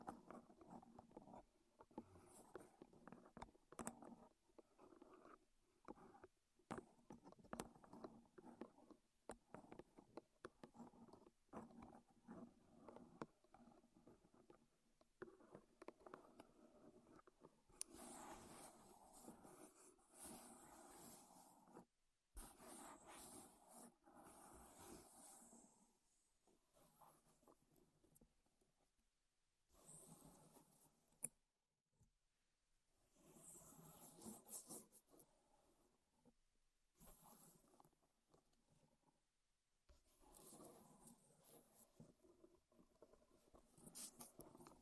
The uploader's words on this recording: ASMR Wood Triggers in Your Ears (No Talking).